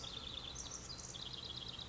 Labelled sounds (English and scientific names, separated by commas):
House Wren (Troglodytes aedon)